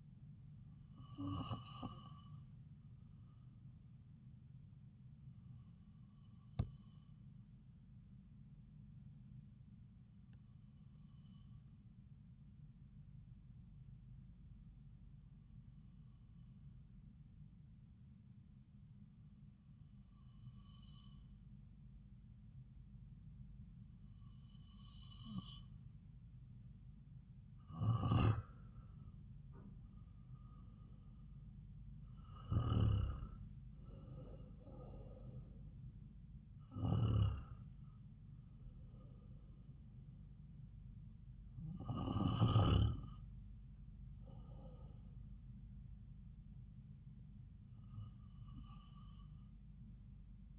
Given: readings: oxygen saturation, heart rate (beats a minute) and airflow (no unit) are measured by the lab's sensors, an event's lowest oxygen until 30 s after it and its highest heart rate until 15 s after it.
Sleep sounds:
breathing in sleep by a smartphone at the bedside; 1
12.00-30.80 s: hypopnea (N2, oxygen 95% highest, then 90% lowest)
From the record:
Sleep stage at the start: N2 (light sleep); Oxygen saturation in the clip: 90 to 95%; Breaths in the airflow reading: 11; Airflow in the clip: -4.3 to 4.5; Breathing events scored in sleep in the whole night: 270 in 6.1 hours asleep

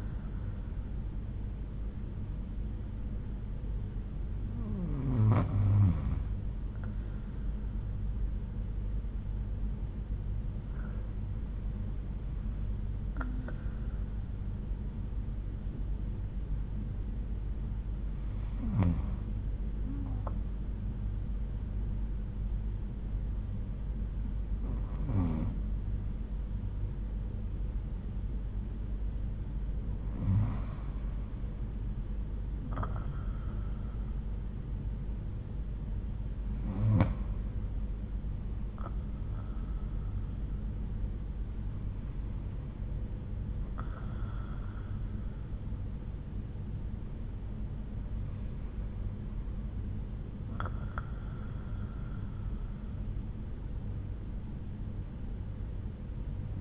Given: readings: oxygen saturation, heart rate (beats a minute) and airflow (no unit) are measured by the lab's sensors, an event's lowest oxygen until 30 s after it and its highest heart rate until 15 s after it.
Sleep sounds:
breathing in sleep by a smartphone at the bedside; none
none scored
From the record:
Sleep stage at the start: N1 (lightest sleep); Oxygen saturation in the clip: 92 to 94%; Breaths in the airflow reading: 8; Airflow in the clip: -4.3 to 8.5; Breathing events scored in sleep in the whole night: 368 in 8.0 hours asleep

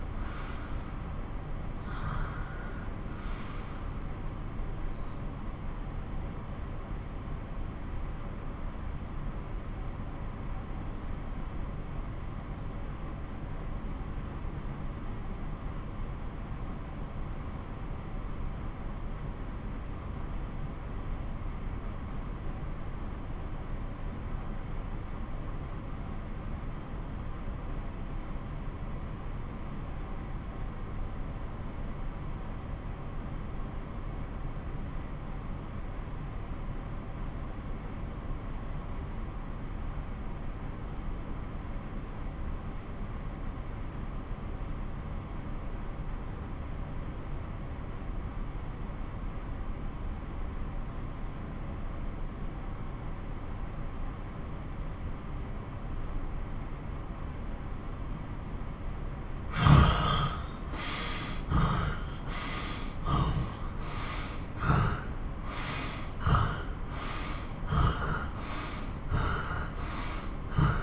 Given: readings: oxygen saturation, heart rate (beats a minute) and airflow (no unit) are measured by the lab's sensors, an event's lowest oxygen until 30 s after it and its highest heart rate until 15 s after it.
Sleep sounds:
breathing in sleep by a smartphone at the bedside; 1
8.00-57.10 s: obstructive apnea (N2, oxygen 96% highest, then 84% lowest)
43.00-70.83 s: new sleep stage, N1 (lightest sleep)
From the record:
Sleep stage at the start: N2 (light sleep); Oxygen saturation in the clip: 86 to 96%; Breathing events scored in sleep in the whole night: 217 in 6.3 hours asleep

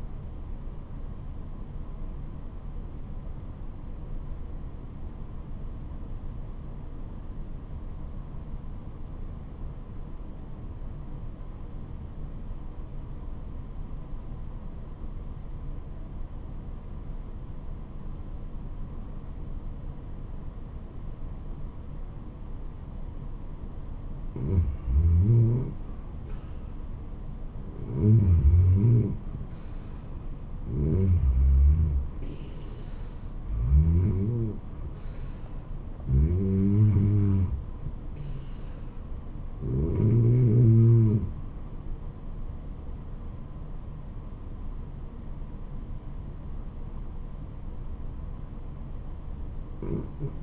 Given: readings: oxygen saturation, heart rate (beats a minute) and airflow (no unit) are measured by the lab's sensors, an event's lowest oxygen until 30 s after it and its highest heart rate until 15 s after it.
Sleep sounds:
breathing in sleep by a smartphone at the bedside; 1
3.00-26.40 s: obstructive apnea (N1, oxygen 97% highest, then 85% lowest, heart rate 80 at the start, 80 highest)
46.00-50.43 s: new sleep stage, REM sleep
From the record:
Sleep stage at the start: N1 (lightest sleep); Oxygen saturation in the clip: 85 to 97%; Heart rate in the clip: 69 to 82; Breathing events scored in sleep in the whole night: 426 in 7.4 hours asleep

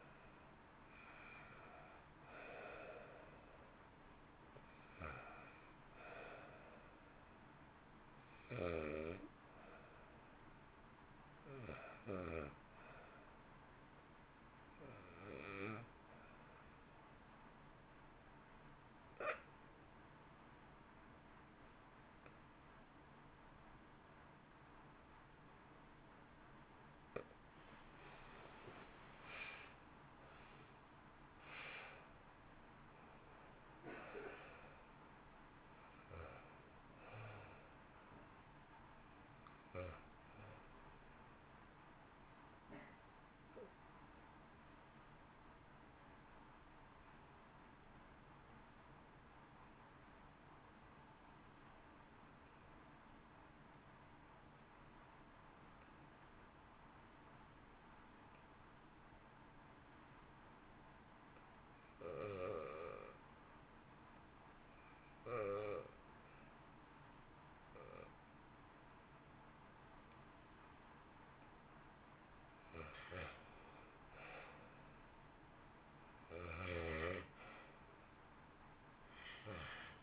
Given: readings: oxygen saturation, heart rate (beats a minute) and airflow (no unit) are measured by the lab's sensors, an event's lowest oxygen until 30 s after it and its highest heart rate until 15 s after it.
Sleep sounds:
breathing in sleep by a voice recorder at the bedside; 2
16.00-28.90 s: hypopnea (REM, oxygen 95% highest, then 79% lowest, heart rate 54 at the start, 76 highest)
46.00-62.70 s: obstructive apnea (REM, oxygen 93% highest, then 68% lowest, heart rate 54 at the start, 64 highest)
From the record:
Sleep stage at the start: REM sleep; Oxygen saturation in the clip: 74 to 95%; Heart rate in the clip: 52 to 76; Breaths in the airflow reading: 24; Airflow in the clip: -2.1 to 1.2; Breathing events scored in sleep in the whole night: 328 in 6.3 hours asleep

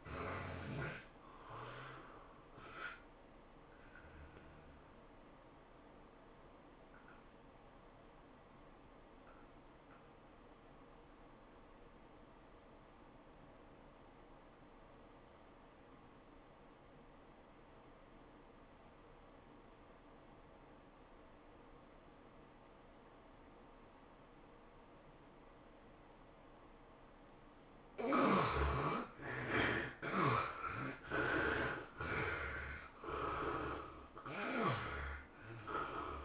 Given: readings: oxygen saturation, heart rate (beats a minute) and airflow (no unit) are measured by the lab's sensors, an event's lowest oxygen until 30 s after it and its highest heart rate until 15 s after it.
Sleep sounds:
breathing in sleep by a voice recorder at the bedside; 1
3.00-28.10 s: hypopnea (N2, oxygen 91% highest, then 69% lowest, heart rate 109 at the start, 109 highest)
From the record:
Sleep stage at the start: N2 (light sleep); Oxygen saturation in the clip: 70 to 91%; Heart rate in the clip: 76 to 109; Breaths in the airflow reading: 6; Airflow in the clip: -14.5 to 16.2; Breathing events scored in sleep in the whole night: 403 in 5.5 hours asleep

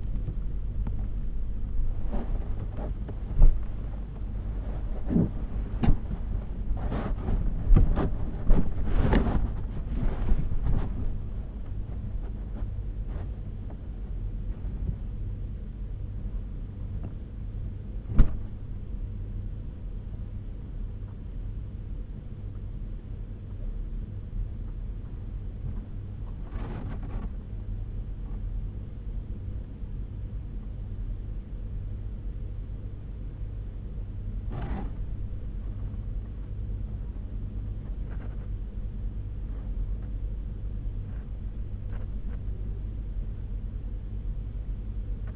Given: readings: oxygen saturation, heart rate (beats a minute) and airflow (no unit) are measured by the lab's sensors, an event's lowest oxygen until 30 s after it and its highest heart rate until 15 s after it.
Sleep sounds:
a person awake in a sleep study, by a smartphone at the bedside; none
0.00-45.36 s: awake
From the record:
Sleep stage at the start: awake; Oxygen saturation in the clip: 82%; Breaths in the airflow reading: 12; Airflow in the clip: -7.6 to 9.6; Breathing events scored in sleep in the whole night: 201 in 6.5 hours asleep

